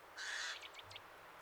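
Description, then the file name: Eurasian jay giving one harsh, rasping screech, followed by a few faint, short scratchy notes. "Garrulus glandarius"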